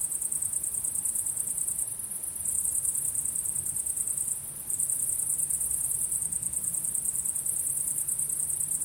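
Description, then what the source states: Cricket chirps in quick high pulses, briefly easing twice, with a faint low hum throughout. Crickets at sunset.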